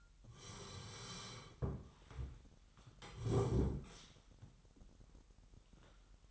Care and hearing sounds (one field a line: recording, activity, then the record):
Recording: daily activity, microphone in the room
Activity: sit down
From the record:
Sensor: 3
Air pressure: 998.5 hPa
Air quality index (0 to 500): 129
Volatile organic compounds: 4 ppm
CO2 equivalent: 1542 ppm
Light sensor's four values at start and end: 14/34/14/15 and 14/34/14/15